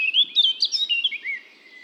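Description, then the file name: Eurasian blackcap giving a brief, rapid warble of twittering, slurred notes that fade out after about a second and a half, with a quiet background. "Sylvia atricapilla"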